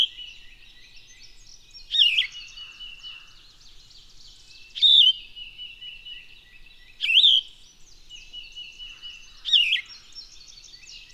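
Bird song with four loud, sweeping whistled bursts spaced roughly two and a half seconds apart, over continuous high chirping in the background.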